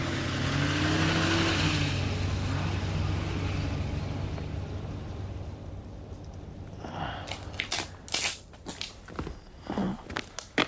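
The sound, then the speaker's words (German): A car engine rumbles with a steady low hum that slowly fades as a woman drives off to get help, followed by scattered crunching footsteps and rustles. “Fahr ruhig weiter. Aber nicht zu schnell, sei vorsichtig. Bleib mit dem Wagen unten, warte auf die Polizei im Dorf.”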